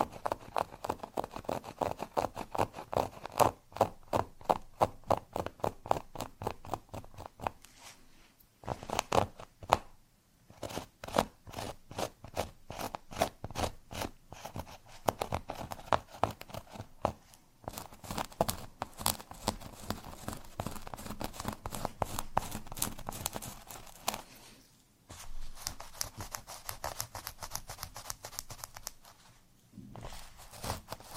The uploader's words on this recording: Scratching on Cork (NO TALKING).